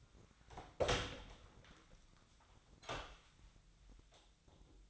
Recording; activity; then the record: daily activity, microphone in the room; open door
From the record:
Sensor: 3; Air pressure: 1009.2 hPa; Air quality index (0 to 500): 200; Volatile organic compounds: 4 ppm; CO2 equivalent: 1613 ppm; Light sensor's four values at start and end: 43/113/49/49 and 43/113/49/49